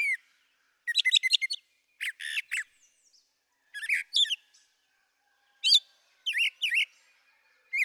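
Brown thrasher song with assorted chirping and whistled phrases, several repeated twice in quick succession, separated by clear pauses.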